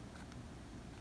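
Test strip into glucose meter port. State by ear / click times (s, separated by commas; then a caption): not seated / none. A plastic glucose test strip is pushed with a little force into the strip port of a handheld glucose meter, heard as steady low rumbling handling noise with a brief faint tick near 0.3 s. Nothing has seated or clicked yet.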